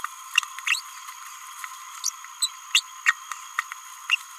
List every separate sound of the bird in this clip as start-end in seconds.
0.67-0.79, 2.04-2.10, 2.42-2.47, 2.75-2.80, 3.07-3.12, 4.10-4.16